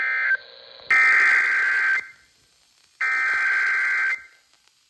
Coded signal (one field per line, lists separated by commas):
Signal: Emergency Alert System (SAME) tones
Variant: header bursts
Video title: EAS Alerts From 7/12/26: A Compilation (EAS 1316-1325)